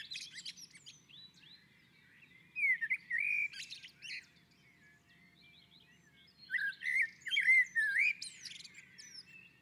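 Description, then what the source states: Common blackbird delivering two melodious fluting phrases with squeaky high codas, a pause of a few seconds separating them. On a roof.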